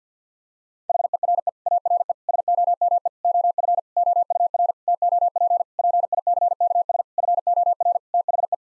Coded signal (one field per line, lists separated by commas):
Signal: Morse code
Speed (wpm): 50 wpm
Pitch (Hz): 700 Hz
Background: none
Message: HERE ARE SOME OF OUR TOP PICKS FOR THE